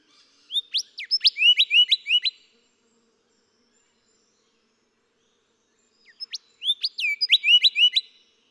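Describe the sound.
Golden whistler song: a loud phrase of sharp whistled notes ending in a rapid series of short ringing notes, given twice.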